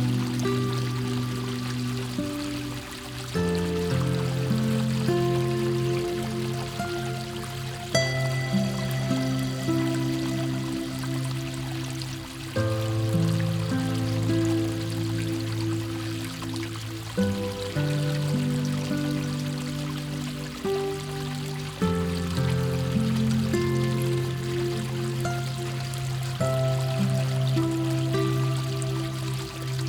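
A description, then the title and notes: Gentle music of slow, sustained chords that shift every four to five seconds, with warm low tones under soft higher notes. The level stays steady throughout, and a faint, continuous wash of flowing water sits quietly behind the music. Flowing Water & Gentle Music.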